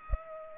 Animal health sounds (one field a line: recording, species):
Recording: mosquito wingbeat signal from an infrared sensor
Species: Culex pipiens